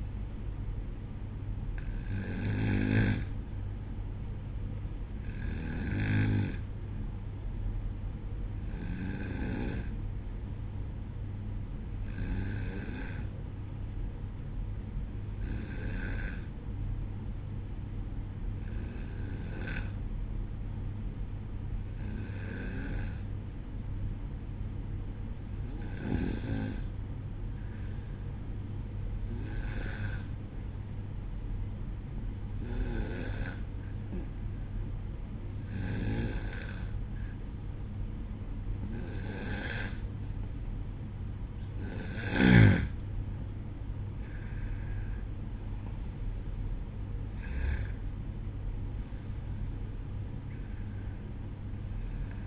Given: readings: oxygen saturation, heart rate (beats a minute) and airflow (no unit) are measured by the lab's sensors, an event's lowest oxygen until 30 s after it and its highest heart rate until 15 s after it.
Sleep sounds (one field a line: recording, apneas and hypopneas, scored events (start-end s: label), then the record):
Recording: breathing in sleep by a smartphone at the bedside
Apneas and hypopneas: 1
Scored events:
17.00-42.40 s: hypopnea (N1, oxygen 94% highest, then 92% lowest, heart rate 64 at the start, 69 highest)
From the record:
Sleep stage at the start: N1 (lightest sleep)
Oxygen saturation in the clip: 92 to 94%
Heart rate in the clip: 63 to 69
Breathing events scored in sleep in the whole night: 305 in 9.6 hours asleep